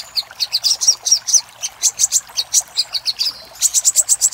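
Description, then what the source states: Little spiderhunter song: rapid series of high, sharp chipping notes in quick bursts and short chattering runs. Master recording for training cage birds (masteran), Labaik type.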